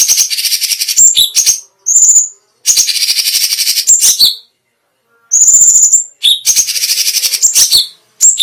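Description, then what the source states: Cucak cungkok song: high, rapid trilled bursts, each ending in a short whistled note, separated by brief silences. Special song bursts ("tembakan istimewa").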